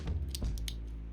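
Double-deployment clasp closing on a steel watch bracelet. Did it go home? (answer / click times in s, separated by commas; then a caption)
yes / 0.7 s. The milled metal double-deployment clasp on the steel bracelet of a Hamilton Khaki Aviation Converter Chrono Auto watch is closed a second time. Lighter metallic ticks come first, then a sharp click at 0.7 s as the clasp snaps shut and seats into place.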